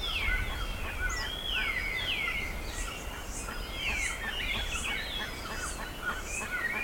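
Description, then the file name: Birds chirping and trilling together in a steady chorus, with sweeping high notes and faint rapid ticks. "SABIOD 50 bird 2015"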